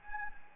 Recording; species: mosquito wingbeat signal from an infrared sensor; Anopheles gambiae